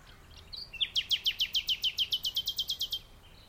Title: Nightingale and joggers in the dunes (The Hague, May 12th 2021)